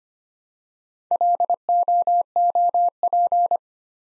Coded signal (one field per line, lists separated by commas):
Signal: Morse code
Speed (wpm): 25 wpm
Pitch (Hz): 700 Hz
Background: none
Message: LOOP